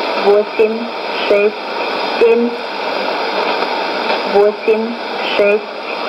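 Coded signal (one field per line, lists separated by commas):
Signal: numbers station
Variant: S06s, Russian female voice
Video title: 28 10 2019 S06s Russian Lady numbers station in Russian to Eu 1215 on 11460 unknown tx site USB+AM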